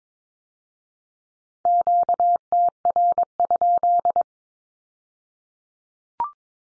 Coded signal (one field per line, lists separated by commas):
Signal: Morse code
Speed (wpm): 22 wpm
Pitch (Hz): 700 Hz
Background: none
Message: QTR?